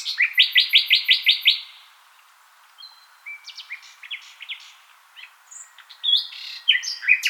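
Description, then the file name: Common nightingale song opening with a fast series of loud repeated notes, then, after a quiet gap, softer varied chirps and whistles, ending in a burst of sharp notes. "Luscinia megarhynchos"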